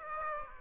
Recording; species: mosquito wingbeat signal from an infrared sensor; Aedes aegypti